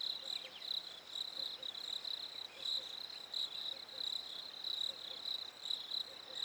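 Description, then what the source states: Cricket calling: a continuous high-pitched pulsed trill over faint hiss. Africa, winter; several crickets.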